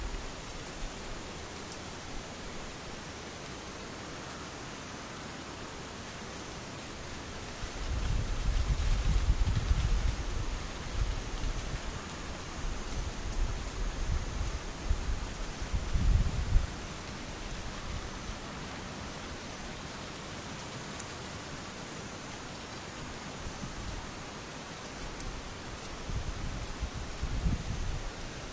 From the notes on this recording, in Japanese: ムシ雨